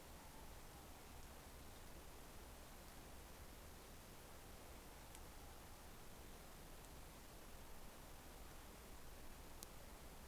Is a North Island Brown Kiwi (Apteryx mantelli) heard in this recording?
no